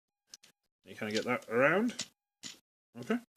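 A plastic limb panel is worked into the body of a Transformers Generations Sandstorm action figure after the yellow parts are untabbed from the black ones, with short handling ticks at about 0.3 and 0.4 s. Someone talks during the rest of the clip. Nothing has seated or clicked into place yet.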